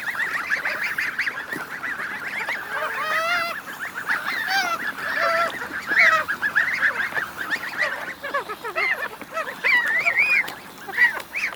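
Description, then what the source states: Goose: several geese chattering with high, wavering squeaks and short nasal notes, calls overlapping almost constantly with brief quieter gaps. Young geese, recorded while drinking.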